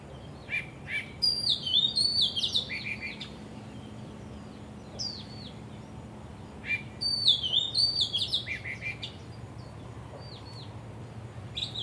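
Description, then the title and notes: Bird song in two main bursts of high twittering and swooping whistles with a long quiet gap between, plus scattered single chirps and soft hiss. Birds singing vigorously at Wu Kai Sha, Hong Kong, on 15 December 2006, recorded with AKG condenser microphones in XY stereo. "香港 烏溪沙 雀鳥勁唱歌 Date: 15 December 2006"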